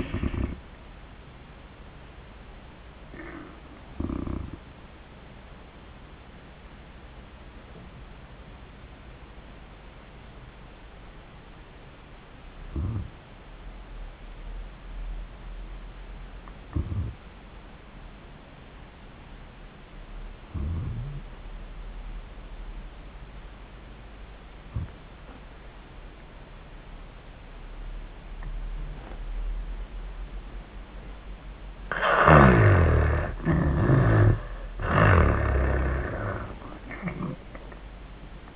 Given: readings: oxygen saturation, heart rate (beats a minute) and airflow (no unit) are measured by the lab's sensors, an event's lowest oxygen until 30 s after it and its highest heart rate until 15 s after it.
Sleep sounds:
breathing in sleep by a voice recorder at the bedside; 1
5.00-33.50 s: hypopnea (N2, oxygen 97% highest, then 82% lowest, heart rate 82 at the start, 96 highest)
30.00-38.55 s: new sleep stage, N1 (lightest sleep)
From the record:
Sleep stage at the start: N2 (light sleep); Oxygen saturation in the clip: 80 to 97%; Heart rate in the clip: 74 to 88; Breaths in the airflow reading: 6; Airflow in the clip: -24.8 to 11.9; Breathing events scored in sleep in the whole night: 400 in 8.7 hours asleep

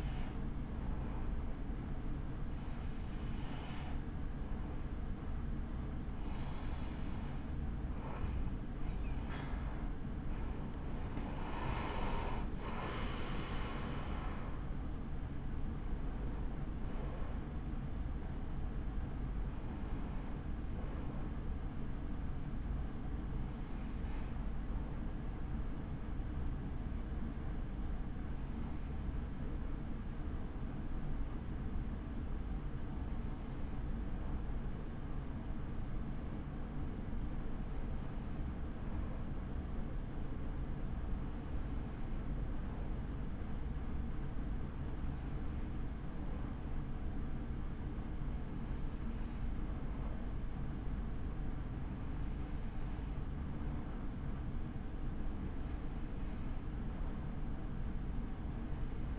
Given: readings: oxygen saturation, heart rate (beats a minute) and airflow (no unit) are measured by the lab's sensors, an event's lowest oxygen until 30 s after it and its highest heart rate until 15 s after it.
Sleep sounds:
breathing in sleep by a smartphone at the bedside; 1
25.00-54.90 s: hypopnea (N3, oxygen 97% highest, then 94% lowest)
From the record:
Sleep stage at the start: N3 (deep sleep); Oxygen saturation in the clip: 94 to 97%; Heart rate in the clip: 54 to 74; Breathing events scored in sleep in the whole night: 83 in 6.1 hours asleep

